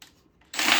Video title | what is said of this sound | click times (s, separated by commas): Bally playboy pinball play Field restoration part 7 ￼ it is almost done ￼ | That's cute. Stripped out hole in the playfield. | 0.5 s